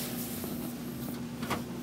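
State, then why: Not seated. A plastic freezer vent grill is handled against the rear wall of the freezer compartment of a GE top-freezer refrigerator, being fixed for leaking water on the floor. A steady low hum runs under soft scraping and handling noises, with a brief rustle near 1.5 s. Nothing has seated or clicked yet.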